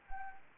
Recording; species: mosquito wingbeat signal from an infrared sensor; Anopheles arabiensis